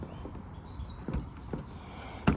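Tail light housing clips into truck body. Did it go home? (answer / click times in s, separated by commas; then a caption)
yes / 1.5 s, 2.3 s. A 5th Gen RAM tail light housing from Two Three Designs is pushed into the body of a 4th Gen RAM truck so its plastic retaining clips snap into the body holes. Over a low background hum, a sharp click lands at 1.5 seconds and a louder one at 2.3 seconds. The tail light is seated.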